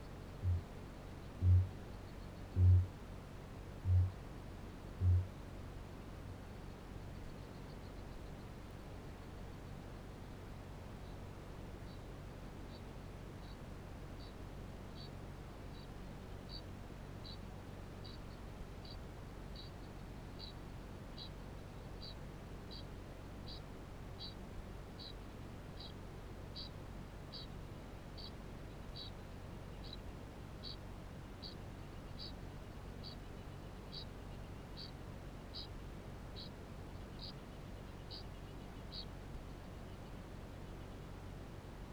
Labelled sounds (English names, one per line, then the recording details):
Kākāpō boom
Kākāpō ching call
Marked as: faintness 2/5, faintness 5/5, faintness 3/5
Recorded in New Zealand
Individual Barnard